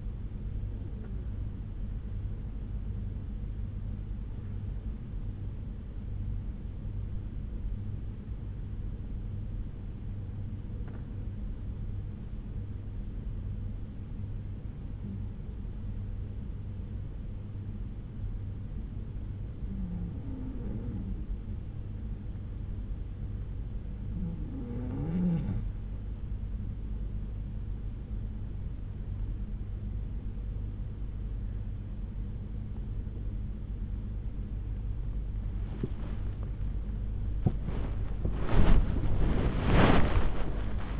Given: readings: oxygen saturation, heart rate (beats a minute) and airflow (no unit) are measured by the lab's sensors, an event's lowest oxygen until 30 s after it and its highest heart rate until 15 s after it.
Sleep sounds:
breathing in sleep by a smartphone at the bedside; 1
5.00-31.20 s: hypopnea (N2, oxygen 94% highest, then 91% lowest)
34.00-41.00 s: new sleep stage, awake
37.00-41.00 s: awake
From the record:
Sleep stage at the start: N2 (light sleep); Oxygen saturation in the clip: 91 to 94%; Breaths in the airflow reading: 7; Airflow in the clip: -9.8 to 8.4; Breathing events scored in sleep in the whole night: 368 in 8.0 hours asleep

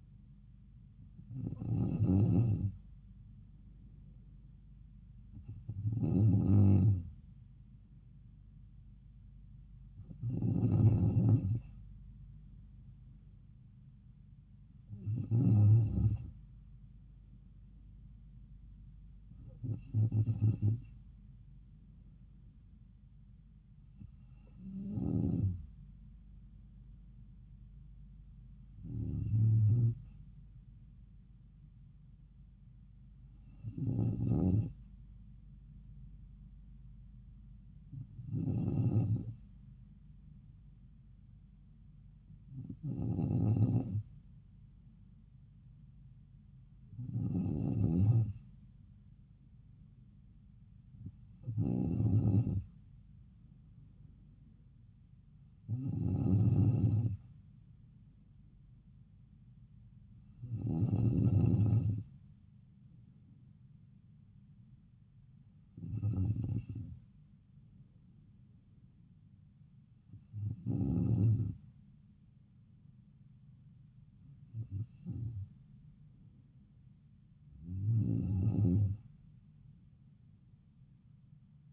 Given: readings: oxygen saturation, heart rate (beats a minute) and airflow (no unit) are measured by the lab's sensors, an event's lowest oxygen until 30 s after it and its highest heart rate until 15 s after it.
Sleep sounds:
breathing in sleep by a smartphone at the bedside; none
none scored
From the record:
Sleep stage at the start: N2 (light sleep); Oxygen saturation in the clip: 93 to 94%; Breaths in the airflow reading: 18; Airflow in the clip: -3.3 to 3.7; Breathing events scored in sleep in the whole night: 270 in 6.1 hours asleep

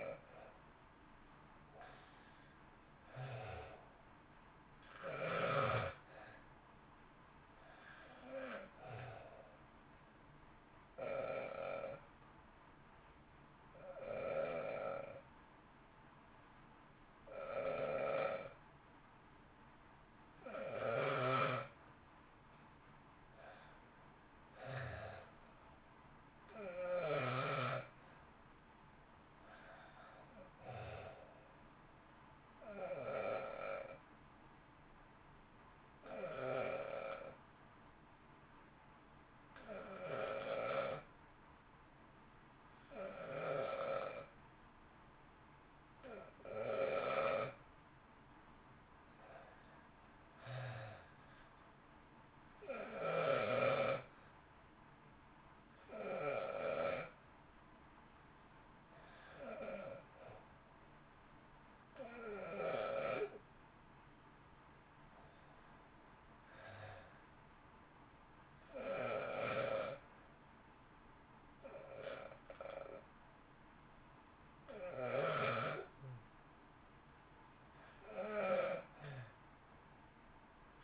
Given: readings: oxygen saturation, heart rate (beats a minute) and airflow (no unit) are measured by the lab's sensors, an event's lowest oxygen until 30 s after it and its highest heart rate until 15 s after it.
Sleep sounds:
breathing in sleep by a voice recorder at the bedside; 2
23.00-38.10 s: hypopnea (REM, oxygen 94% highest, then 88% lowest, heart rate 54 at the start, 60 highest)
51.00-64.30 s: hypopnea (REM, oxygen 92% highest, then 88% lowest, heart rate 55 at the start, 58 highest)
From the record:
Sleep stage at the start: REM sleep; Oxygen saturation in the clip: 85 to 94%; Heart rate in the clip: 50 to 61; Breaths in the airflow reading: 27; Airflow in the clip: -1.4 to 1.2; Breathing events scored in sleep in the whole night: 328 in 6.3 hours asleep

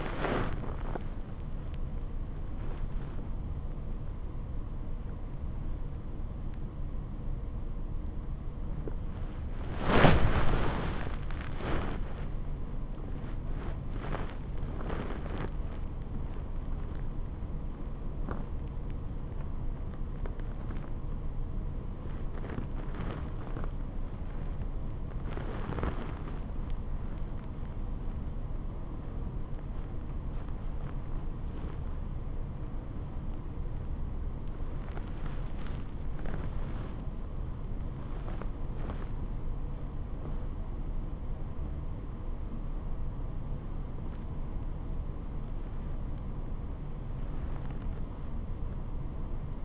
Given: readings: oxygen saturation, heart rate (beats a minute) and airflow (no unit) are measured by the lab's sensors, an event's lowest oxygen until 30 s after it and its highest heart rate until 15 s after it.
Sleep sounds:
a person awake in a sleep study, by a smartphone at the bedside; none
0.00-49.65 s: awake
From the record:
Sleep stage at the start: awake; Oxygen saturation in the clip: 95 to 97%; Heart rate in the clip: 45 to 90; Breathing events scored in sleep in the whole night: 426 in 7.4 hours asleep

